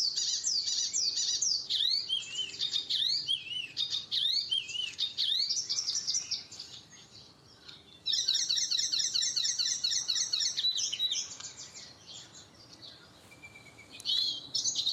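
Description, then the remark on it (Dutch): An icterine warbler sings a long, varied, fast song of chirps, trills and whistled phrases that shift style often, mimicking other species such as the White-faced Whistling Duck, loud and continuous with brief pauses and no talking. “Dat zit allemaal in die spotvogel.”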